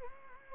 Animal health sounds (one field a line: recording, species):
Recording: mosquito wingbeat signal from an infrared sensor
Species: Anopheles gambiae